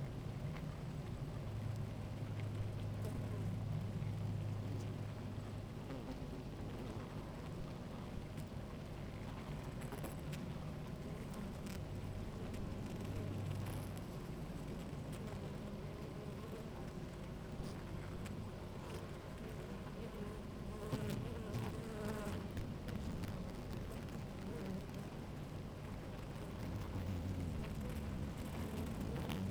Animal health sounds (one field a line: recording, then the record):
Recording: honeybee colony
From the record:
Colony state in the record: active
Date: 28 July 2017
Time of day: 16:53